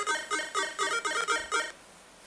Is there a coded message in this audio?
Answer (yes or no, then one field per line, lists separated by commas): no